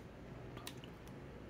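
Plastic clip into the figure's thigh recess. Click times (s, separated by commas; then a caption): 0.7 s. A plastic clip on a Transformers Legacy Voyager-class Vector Prime figure is pressed into a recess on the figure's thigh during transformation. A soft rustle near 0.6 s is followed by a sharp, small click at 0.7 s and a faint tick shortly after, over a low steady background. The clip seats in the thigh recess.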